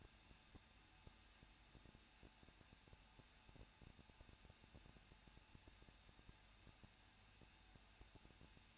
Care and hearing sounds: daily activity, microphone in the room; no activity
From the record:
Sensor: 2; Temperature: 21.0 degrees Celsius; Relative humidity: 37.5%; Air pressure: 1006.3 hPa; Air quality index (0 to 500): 223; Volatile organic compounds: 25 ppm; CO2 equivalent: 2828 ppm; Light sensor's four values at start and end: 2/3/2/2 and 2/3/2/2

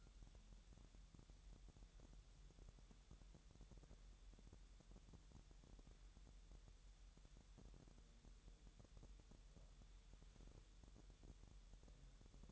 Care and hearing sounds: daily activity, microphone in the room; wipe stove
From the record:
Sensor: 3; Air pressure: 1000.8 hPa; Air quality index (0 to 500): 248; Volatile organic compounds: 173 ppm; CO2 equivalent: 4119 ppm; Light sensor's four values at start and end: 12/27/11/11 and 11/27/11/11

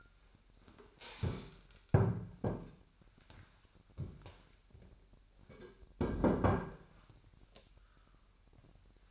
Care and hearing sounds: daily activity, microphone in the room; stand up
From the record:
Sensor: 2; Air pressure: 998.4 hPa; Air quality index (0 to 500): 131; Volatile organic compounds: 3 ppm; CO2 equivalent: 1484 ppm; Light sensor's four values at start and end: 8/18/8/8 and 6/14/6/6

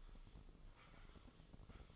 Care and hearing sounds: daily activity, microphone in the room; typing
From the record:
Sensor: 4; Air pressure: 996.0 hPa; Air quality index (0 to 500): 64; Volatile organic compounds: 2 ppm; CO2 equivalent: 1142 ppm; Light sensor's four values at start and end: 14/39/14/15 and 14/40/14/15

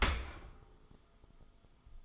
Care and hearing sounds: daily activity, microphone in the room; open dishwasher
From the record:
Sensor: 5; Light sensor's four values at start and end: 32/73/30/29 and 32/74/30/29

